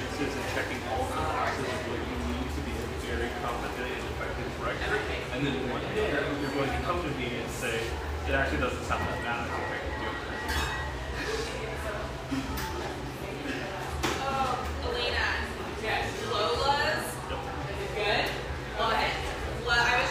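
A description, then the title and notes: A steady murmur of many voices fills the bright, airy espresso bar, with occasional cup clinks and a low hum beneath throughout. San Francisco, California. Murmur of this bright, airy espresso joint in the North Beach neighborhood of one of America's best third-wave coffee cities.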